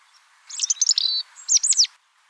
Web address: erithacus rubecula call